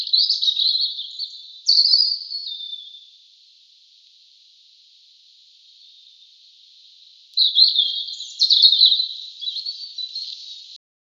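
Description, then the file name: European robin song: thin, high, sweet warbled phrases with quick slurred notes, one burst at the start and another after a quiet gap of about four seconds. "Erithacus rubecula"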